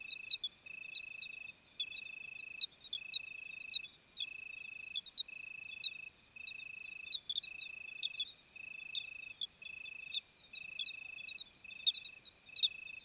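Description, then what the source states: Cricket song in regular high trilled bursts about a second long, separated by short pauses, over a faint hiss and a higher insect shimmer. Summer crickets on a hot night, 26 July 2020, 21:15, Plateau de Lesches-en-Diois; recorded with Nagra Seven and B&K omni microphone.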